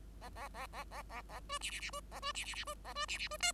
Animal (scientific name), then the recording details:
Lonchura striata domestica. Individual Bird5